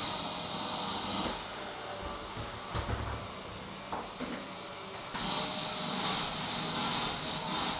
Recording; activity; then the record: daily activity, microphone in the room; vacuum cleaning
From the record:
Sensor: 3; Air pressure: 1010.2 hPa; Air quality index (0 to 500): 171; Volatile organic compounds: 10 ppm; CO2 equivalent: 2232 ppm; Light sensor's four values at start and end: 50/122/54/59 and 47/116/51/56